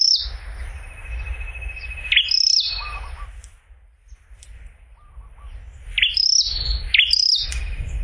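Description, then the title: Prinia singing buzzy high trilled phrases with a pause midway, then resuming in quick succession over a low background rumble. "prenjk gnung. prenjak"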